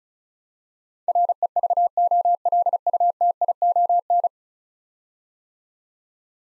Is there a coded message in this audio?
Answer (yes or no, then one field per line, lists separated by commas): yes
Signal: Morse code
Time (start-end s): 1.1-4.3 s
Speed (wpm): 34 wpm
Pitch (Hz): 700 Hz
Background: none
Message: REVOLUTION